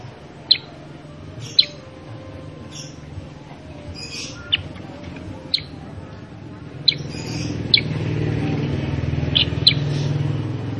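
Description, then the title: Sooty-headed bulbul song, short bright notes scattered throughout over a steady low engine rumble that grows louder toward the end. Caged bird recording used as a tutor song for training other kept sooty-headed bulbuls; described as lively, energetic singing. "Masteran Kutilang Sutra. Kutilang Sutra mana YANG GAK NYAUT dan IKUT BUNYI GACOR dengan suara Kutilang Sutra Super GACOR Ini"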